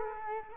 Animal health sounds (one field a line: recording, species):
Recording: mosquito wingbeat signal from an infrared sensor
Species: Culex quinquefasciatus